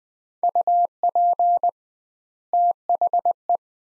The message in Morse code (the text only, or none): UP THE